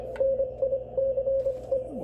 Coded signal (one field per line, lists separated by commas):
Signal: Morse code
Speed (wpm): 25 wpm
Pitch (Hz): 540 Hz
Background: radio noise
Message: NICE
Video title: Where is my Tweeter? By Request “Play Some CW Through the SCA-35 and Speakers!”